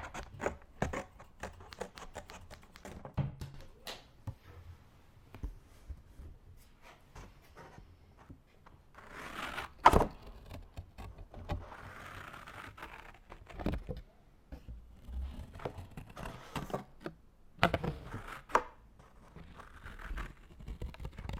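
Scissors cut through paper and plastic in a busy, irregular run of short snips and crinkles. Sharp clicks come in clusters, with louder bright snaps near 10 and 17.5 seconds, and softer rustling swells around 9 and 12 seconds between cuts.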